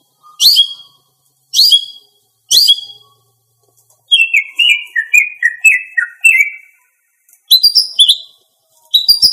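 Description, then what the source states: Greater green leafbird song: three separate sharp high calls, then a fast descending sequence of whistled notes, followed by more clipped high chirps. Female.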